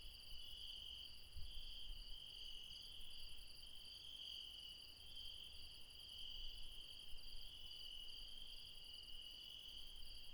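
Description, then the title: Insects in a steady chorus, several unbroken shrill bands layered high, with faint low rumble underneath. Late night in the mountains at Refuge Krevatia, Barbala (Μπαρμπαλά), Dion, Greece. "Refuge Krevatia, Μπαρμπαλά, Dion 601 00, Greece - Late night mountain insects"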